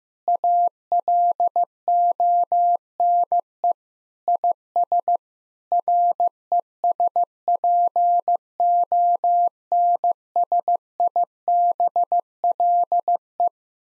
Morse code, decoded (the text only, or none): ALONE IS RESPONSIBLE